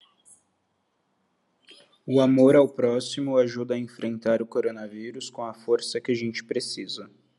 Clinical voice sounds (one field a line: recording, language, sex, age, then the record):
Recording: spoken sentence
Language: Brazilian Portuguese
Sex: male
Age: 20 to 29 years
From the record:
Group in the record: control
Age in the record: 29 years